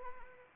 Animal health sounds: mosquito wingbeat signal from an infrared sensor; Anopheles arabiensis

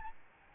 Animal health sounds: mosquito wingbeat signal from an infrared sensor; Aedes albopictus

